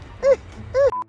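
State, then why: Not seated. A flight battery is slid into an FPV drone's battery bay but not pushed all the way home, so it is not fully latched and the drone reports a battery installation error. Two short warbling tonal chirps are heard at about 0.2–0.35 s and 0.75–0.9 s, followed by a steady pulsing tone of about 1 kHz from 0.9 s to the end. Nothing has seated or clicked yet.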